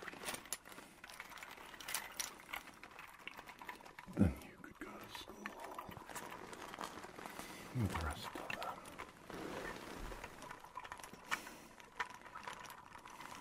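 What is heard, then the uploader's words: Soft rustles and creaks of a leather coat shift and rub throughout, with small clicking, ratchety textures scattered across the clip. Two louder swishing movements stand out near four and eight seconds, and a faint murmur of voices sits underneath. The gentle sounds of his leather coat and a beautiful land octopus.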